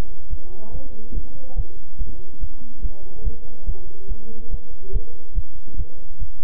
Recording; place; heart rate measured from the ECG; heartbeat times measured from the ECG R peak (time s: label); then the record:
heart sounds by stethoscope; between the tricuspid and mitral areas; 143 bpm
0.29 s: heartbeat
0.71 s: heartbeat
1.13 s: heartbeat
1.55 s: heartbeat
1.97 s: heartbeat
2.39 s: heartbeat
2.81 s: heartbeat
3.23 s: heartbeat
3.65 s: heartbeat
4.07 s: heartbeat
4.49 s: heartbeat
4.91 s: heartbeat
5.34 s: heartbeat
5.76 s: heartbeat
6.18 s: heartbeat
From the record:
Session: bicycle stress test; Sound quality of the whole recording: good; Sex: male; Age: 26 years